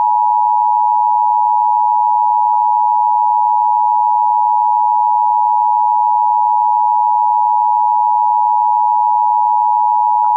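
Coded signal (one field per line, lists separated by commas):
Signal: Emergency Alert System (SAME) tones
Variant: 853 and 960 Hz attention tone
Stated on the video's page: Fictional recreation of a Cold War nuclear attack alert using the Emergency Broadcast System.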